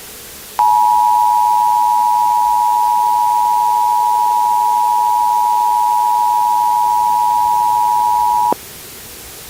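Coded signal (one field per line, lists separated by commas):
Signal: Emergency Alert System (SAME) tones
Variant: 853 and 960 Hz attention tone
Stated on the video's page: Fictional EAS scenario of a Seattle blizzard, simulated alert with valid tones.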